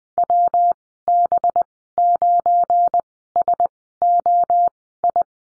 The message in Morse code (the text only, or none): WB9SOI